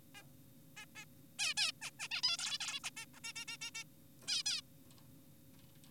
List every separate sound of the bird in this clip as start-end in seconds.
0.15-0.24, 0.77-0.86, 0.96-1.05, 1.39-1.54, 1.57-1.72, 1.82-1.91, 2.00-2.08, 2.11-2.22, 2.24-2.37, 2.39-2.58, 2.60-2.80, 2.84-2.90, 2.97-3.06, 3.14-3.20, 3.24-3.33, 3.36-3.45, 3.48-3.57, 3.62-3.71, 3.75-3.84, 4.28-4.43, 4.46-4.61